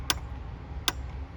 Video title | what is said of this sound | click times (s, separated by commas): Project moms car: 2002 Pontiac Grand Am SE 2.2 Oil Change | all right so we're going to listen for this to click | 0.9 s